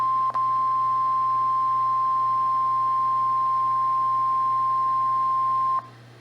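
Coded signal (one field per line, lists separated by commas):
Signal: Emergency Alert System (SAME) tones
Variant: 1050 Hz attention tone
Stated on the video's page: Required weekly test on KEC55, with airplane noise overhead at one point.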